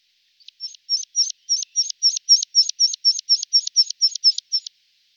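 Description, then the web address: Meadow pipit song: a fast, even series of thin, high notes repeated about four times per second, then stopping abruptly. "All the bird songs of Britain and Europe - Jean-Claude Roche. Anthus pratensis"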